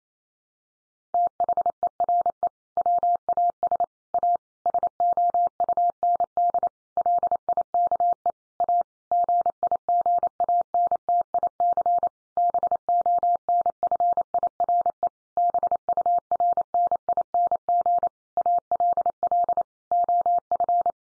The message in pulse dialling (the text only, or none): none